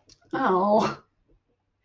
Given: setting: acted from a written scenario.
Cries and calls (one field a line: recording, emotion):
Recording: vocal sound without words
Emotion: disappointment